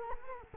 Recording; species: mosquito wingbeat signal from an infrared sensor; Culex quinquefasciatus